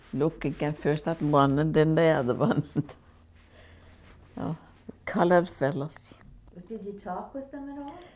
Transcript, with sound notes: Looking at first at one and then the other one, and. (she laughs) Oh. Colored fellows.
Did you talk with them at all?